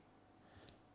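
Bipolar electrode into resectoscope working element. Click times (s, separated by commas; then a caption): 0.7 s. The bipolar electrode of a "Classic" bipolar resectoscope, 26 Fr, has its two guides slid along the optics protection sleeve to two holes, then is pushed into the working element. Over a quiet background, a brief soft rubbing swell is followed by a single sharp click at 0.7 s. The electrode is seated, inserted in the working element.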